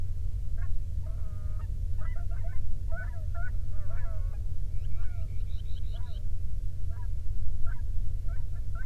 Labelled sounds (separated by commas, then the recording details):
waterfowl, man-made sound
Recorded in the Prudhoe Bay oil fields, Alaska, on 13 June 2019 at 00:09
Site 24